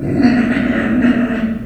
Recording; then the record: squeal of a Yucatan mini pig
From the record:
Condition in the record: after surgery on the right vocal fold (resection and tissue-engineered implant); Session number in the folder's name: 3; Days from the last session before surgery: 21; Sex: female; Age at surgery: 19 weeks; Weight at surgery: 25 kg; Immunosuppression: prednisolone